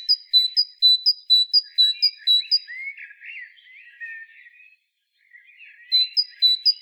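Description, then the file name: Great tit calls: a quick run of high, clear paired notes, then softer buzzy chattering, followed by the high notes again. "Parus major"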